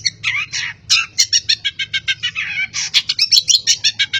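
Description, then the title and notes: Long-tailed shrike song: varied scratchy chatter mixing harsh bursts and quick repeated clicks, delivered in a rapid uneven stream over a low background hum. Various songbird sounds used to train captive birds. "cendet. Bermacam macam suara kicauan burung Masteran"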